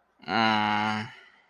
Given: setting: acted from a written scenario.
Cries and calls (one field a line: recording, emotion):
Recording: vocal sound without words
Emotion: guilt